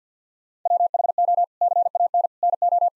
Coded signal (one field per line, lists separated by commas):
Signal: Morse code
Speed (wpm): 50 wpm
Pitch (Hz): 700 Hz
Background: none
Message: WHO CAN NO